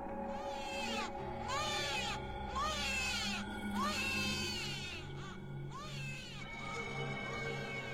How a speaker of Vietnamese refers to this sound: Đứa bé cứ nằm đó, bé tí tê, co ro, ngọ nguậy, rồi bất giác nó cất lên tiếng khóc.